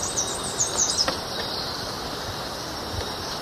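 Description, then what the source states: Pale-tailed barbthroat with a quick cluster of high, thin squeaky notes in the first second, then only a constant insect drone. Recorded in the eastern lowlands of South America.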